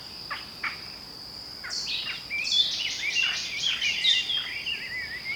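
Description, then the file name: Eurasian blackcap song, a few ticks, then a rich, tumbling warble with fluty slurred notes in the second half, against a steady high drone. "Sylvia atricapilla"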